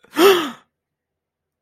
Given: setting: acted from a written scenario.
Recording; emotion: vocal sound without words; elation